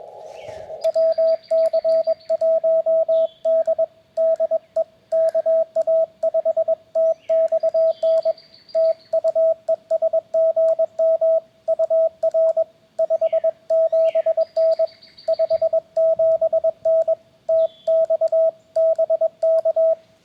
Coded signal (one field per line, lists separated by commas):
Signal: Morse code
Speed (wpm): 21 wpm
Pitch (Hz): 650 Hz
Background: radio noise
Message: WC1D DE KA5TXN TU ES GM UR 57N 57N TX BK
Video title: CW POTA Activation w/ G90 and Random Wire